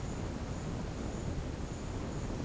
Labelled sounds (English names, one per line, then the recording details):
none
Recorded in dense forest near Puerto Asís, Putumayo, Colombia, on 20 February 2024 at 10:30
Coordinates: 0.486, -76.316
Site G6437